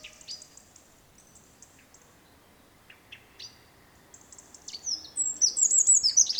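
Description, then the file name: Eurasian wren with scattered faint high notes, then a loud rapid trilling song that bursts in near the end and is cut off. "Troglodytes troglodytes"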